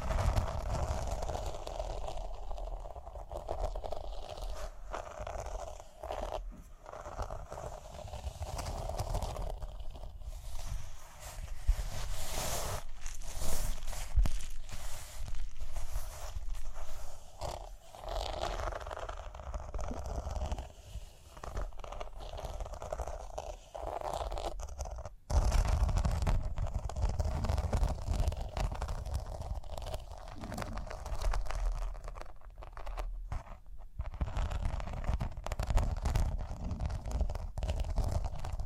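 Rhinestones are tapped, scratched and brushed in a busy, continuous stream of small clicks and scrapes. Sharper bursts cluster around 12 to 18 seconds and again after 25 seconds, with brief pauses between runs. A low rumble sits underneath throughout.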